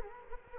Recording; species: mosquito wingbeat signal from an infrared sensor; Culex quinquefasciatus